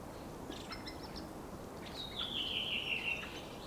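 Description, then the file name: Common chaffinch giving a faint descending phrase in the second half, after a few faint high notes, over steady background hiss. "Fringilla coelebs"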